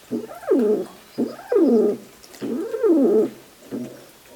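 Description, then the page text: Hill pigeon cooing in four throaty phrases, each rising then sliding down in a wavering, slightly gurgling tone, spaced about a second apart. "Albert Lastukhin - Скалистый голубь (Columba rupestris)"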